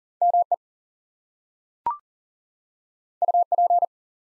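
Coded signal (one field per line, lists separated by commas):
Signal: Morse code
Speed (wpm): 40 wpm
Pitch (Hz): 700 Hz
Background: none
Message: ME UP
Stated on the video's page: Two-letter words in Morse code at 40 wpm for head-copy practice, each sent twice.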